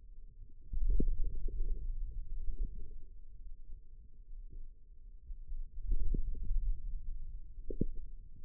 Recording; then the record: forearm muscle sounds (acoustic myography)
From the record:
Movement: hand opening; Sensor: system 2, bracelet of six BSWA MPA416 microphones around the upper forearm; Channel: 4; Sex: male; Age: 22 years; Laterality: right